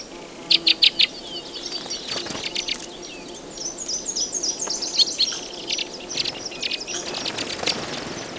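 White-winged crossbill calls: a quick burst of loud dry chips at the start, then many scattered chirps.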